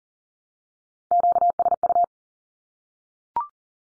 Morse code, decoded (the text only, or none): QSU